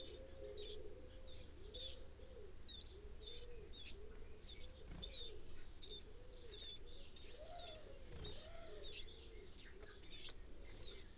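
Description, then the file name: Eurasian wren calls: short, sharp, high ticking notes repeated steadily in a long series, with a quiet low background. "Troglodytes troglodytes"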